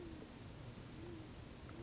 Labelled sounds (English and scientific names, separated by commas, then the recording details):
Great Horned Owl (Bubo virginianus)
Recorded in Sonoma County, California